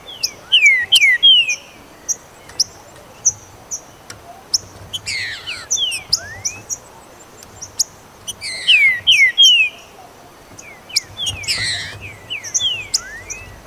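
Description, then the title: Green-winged saltator song opening with two bright downslurred whistles, then buzzy bursts and further paired slurs around nine seconds, sharp high clicks between. "Trinca Ferro"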